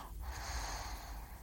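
A single low, rumbling, fluttering breath lasting just over a second, with a snorting quality. This is ordinary snoring from an adult lying asleep.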